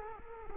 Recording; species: mosquito wingbeat signal from an infrared sensor; Culex quinquefasciatus